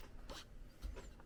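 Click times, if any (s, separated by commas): none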